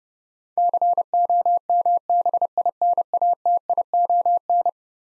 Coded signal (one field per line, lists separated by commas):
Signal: Morse code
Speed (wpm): 32 wpm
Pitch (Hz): 700 Hz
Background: none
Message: COMBINATION